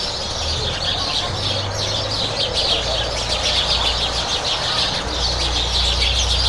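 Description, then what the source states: Sparrows in a loud, restless chirping chorus, quick tweets tumbling over each other above a low engine-like drone. Loud sparrows at the port of Corumbá, a border town with Bolivia.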